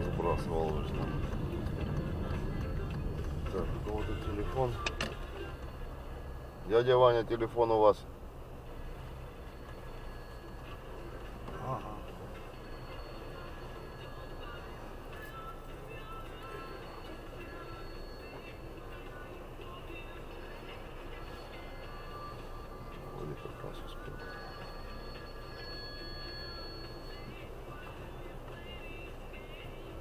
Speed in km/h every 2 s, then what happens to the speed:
17, 15, 13, 5, 2, 0, 0, 0, 0, 0, 1, 2, 1, 0, 0.
0-7 slows to 2. 7-30 standing.